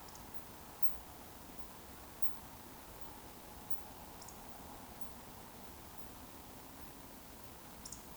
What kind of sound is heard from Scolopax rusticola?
whistle